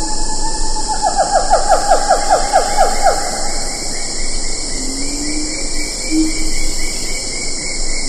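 Siamang calls: a fast string of sharp barking notes, then a few soft rising hoots, all under a continuous high insect hum.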